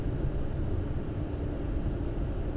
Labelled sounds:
none
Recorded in Germany
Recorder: ecoPi

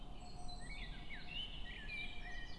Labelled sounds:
Common Blackbird (Turdus merula)
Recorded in Germany
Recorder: ecoPi

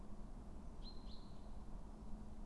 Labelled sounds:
Great Tit (Parus major)
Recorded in Germany
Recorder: ecoPi

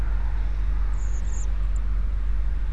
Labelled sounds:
Song Thrush (Turdus philomelos)
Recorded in Germany
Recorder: ecoPi

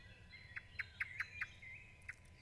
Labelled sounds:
Common Blackbird (Turdus merula)
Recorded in Germany
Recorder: ecoPi

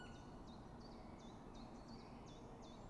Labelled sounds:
Common Chiffchaff (Phylloscopus collybita)
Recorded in Germany
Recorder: ecoPi

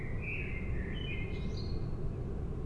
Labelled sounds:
Common Blackbird (Turdus merula)
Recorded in Germany
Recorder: ecoPi

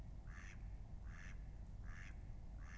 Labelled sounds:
Mallard (Anas platyrhynchos)
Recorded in Germany
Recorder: ecoPi

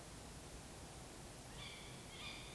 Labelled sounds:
Tawny Owl (Strix aluco)
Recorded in Germany
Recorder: ecoPi

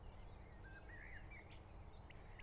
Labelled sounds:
Common Blackbird (Turdus merula)
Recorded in Germany
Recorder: ecoPi

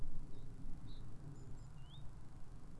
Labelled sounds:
Great Tit (Parus major)
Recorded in Germany
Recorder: ecoPi

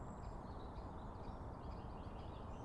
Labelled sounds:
Great Spotted Woodpecker (Dendrocopos major)
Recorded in Germany
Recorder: ecoPi

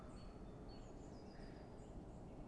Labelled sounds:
Eurasian Blue Tit (Cyanistes caeruleus)
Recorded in Germany
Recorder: ecoPi

